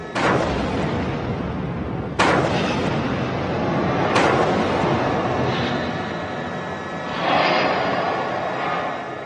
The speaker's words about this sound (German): Für die zweite Explosion, fast 3 Tage nach dem Tsunami, gibt es bis heute noch keine Erklärung.